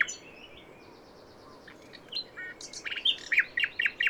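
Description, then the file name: Common nightingale song: faint whistled notes, then a fast sequence of loud, clipped repeated notes, about four per second. "Luscinia megarhynchos"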